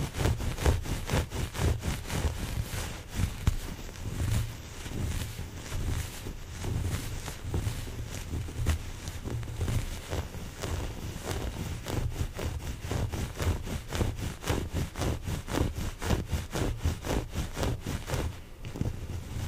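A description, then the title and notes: Towel scratching in a continuous run of quick, regular rasping strokes, full-bodied and low-weighted, staying dense and even throughout with slight brief dips. ASMR Towel Scratching.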